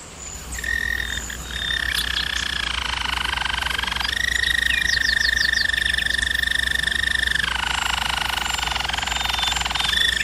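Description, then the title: German Roller canary song: long rolling trills held for seconds at a time, shifting pitch in steps, with brief higher flourishes; a steady low hum runs underneath. German Roller canary singing, for canary training. "German Roller Canary Singing - Canary Training Vid"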